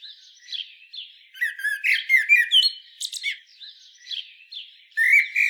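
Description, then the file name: Common blackbird singing: a soft, scratchy warble, then a louder fluted phrase ending in high squeaky twitters, and another fluted phrase starting near the end. "Turdus merula"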